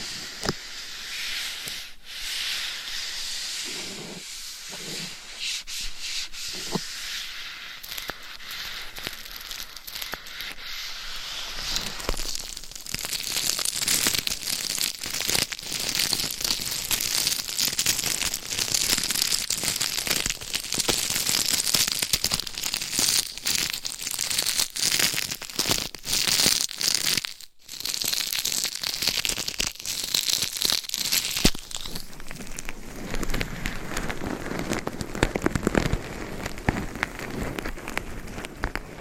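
Gloved fingers and nails scratch a binaural mic in dense, crackly rubbing that grows steadier and louder after ten seconds, with a brief gap near twenty-seven.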